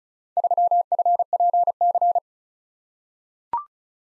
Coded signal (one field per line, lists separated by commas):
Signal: Morse code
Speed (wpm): 36 wpm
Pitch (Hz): 700 Hz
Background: none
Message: 3FPC